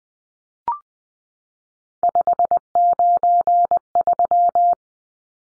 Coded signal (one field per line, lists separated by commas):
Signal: Morse code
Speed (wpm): 20 wpm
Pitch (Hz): 700 Hz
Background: none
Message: 593